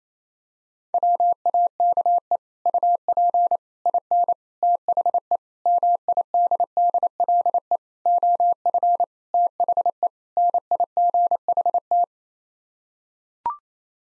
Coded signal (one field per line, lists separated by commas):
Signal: Morse code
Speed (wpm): 28 wpm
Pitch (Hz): 700 Hz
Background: none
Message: WAKE UP IN THE MIDDLE OF THE NIGHT